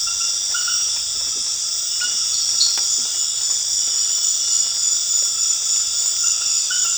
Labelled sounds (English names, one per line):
none